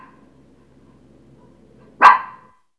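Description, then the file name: Dog gives one sharp bark after a quiet pause, over a faint low hum. "chien"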